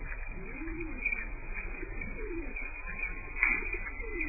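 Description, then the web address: Bird cooing: soft low coos, each swelling and falling, repeated roughly every one and a half seconds over a steady background hum. "isladesentimientos. Pajaros"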